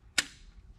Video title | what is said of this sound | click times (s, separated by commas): J&L Oil Separator Co. 2019+ Ford EcoBoost 2.0 Bronco Sport, Edge, Escape, Maverick Install 3044D | so that's snapped on so that's our intake and then | 0.2 s